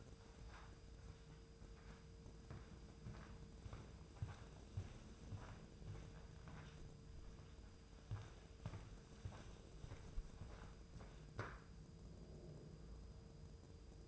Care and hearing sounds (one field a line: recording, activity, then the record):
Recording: daily activity, microphone in the room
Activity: walk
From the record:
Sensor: 2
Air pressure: 995.8 hPa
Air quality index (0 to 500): 245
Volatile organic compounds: 1000 ppm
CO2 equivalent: 6057 ppm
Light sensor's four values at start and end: 31/76/33/36 and 31/75/33/36